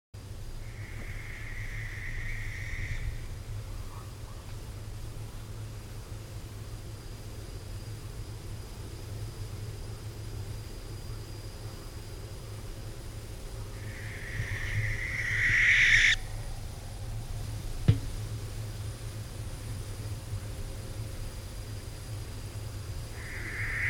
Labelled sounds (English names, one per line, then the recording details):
Western Barn Owl call
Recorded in the wild
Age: adult
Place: Orlamünde, Thüringen, DE
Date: 1975-06-13 22:20
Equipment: Uher CR 210, Sennheiser MD 421, Kopie Uher 4200
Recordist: Tembrock, Günter
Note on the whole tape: Rufe (Wechsel des Standortes)